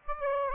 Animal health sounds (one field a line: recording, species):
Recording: mosquito wingbeat signal from an infrared sensor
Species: Aedes aegypti